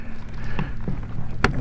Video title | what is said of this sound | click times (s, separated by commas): Toyota Highlander Front Speaker Replacement! | and tuck it in got two clicks and that's it | 1.4 s